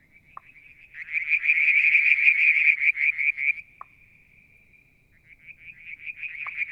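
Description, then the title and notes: Frog calling in fast pulsed trills that build to a loud buzzing stretch, ease to a thin steady tone, then pulse up again, with a few short lower taps. Striped marsh frog, Verreaux's tree frog and an unidentified frog; Mount Wilson, New South Wales, Australia; July 2022; evening, near a water tank. "Frog song, Mount Wilson, New South Wales, Australia in July 2022 – by Alexander Moffatt. Limnodynastes Peronii, Litoria Verreauxii and a mystery frog one evening near the water tank"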